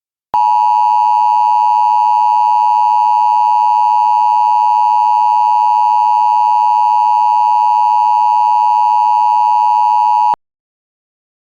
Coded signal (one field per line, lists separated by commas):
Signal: Emergency Alert System (SAME) tones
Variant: 853 and 960 Hz attention tone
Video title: EAS: A Realistic Nuclear Attack Scenario